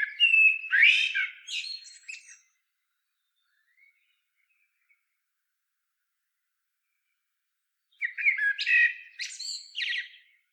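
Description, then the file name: Common blackbird song: two phrases several seconds apart, each opening with low fluty notes and ending in loud, high, chattering twitters. "Turdus merula"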